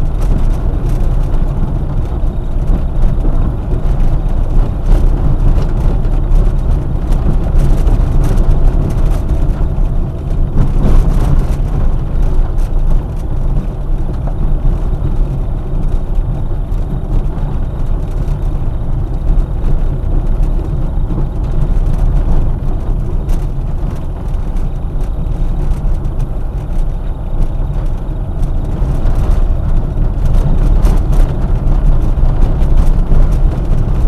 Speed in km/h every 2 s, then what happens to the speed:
24, 25, 26, 26, 23, 19, 21, 22, 22, 24, 22, 19, 22, 24, 26, 26, 27.
0-7 steady at about 25. 7-9 brakes to 19. 9-23 steady at about 22. 23-27 speeds up to 26. 27-34 steady at about 26.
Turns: none.